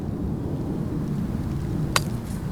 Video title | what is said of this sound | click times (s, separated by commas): We Caught a MASSIVE Coyote using THIS Method! ( It Works) | you hear that click it is ready to go | 2.0 s